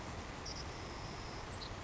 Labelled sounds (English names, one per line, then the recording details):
Savannah Sparrow
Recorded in Sonoma County, California